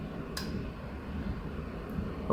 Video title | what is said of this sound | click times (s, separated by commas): HL 1060Z 100W CO2 Laser Machine Setup | click sound when the lead closed | 0.4 s, 2.3 s